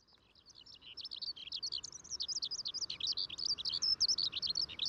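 Eurasian skylark song, a long unbroken stream of rapid high warbling and trilling notes, fading in at the start and growing louder, with faint background hiss.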